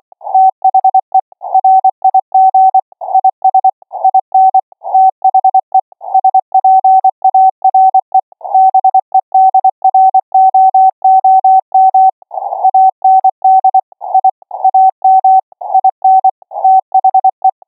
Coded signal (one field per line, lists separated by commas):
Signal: Morse code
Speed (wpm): 24 wpm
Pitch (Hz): 760 Hz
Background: none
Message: THE RIG IS IN THE SPARE BEDROOM AND I AM IN THE